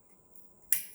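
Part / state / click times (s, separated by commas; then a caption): fuel line quick connector onto fuel filter / seated / 0.7 s. A fuel line quick connector is pushed onto the outlet of a new fuel filter on a 2016–2018 Ford Focus RS mk3. A faint tick comes at 0.4 s, then a sharp, bright click at 0.7 s as the connector snaps home and seats.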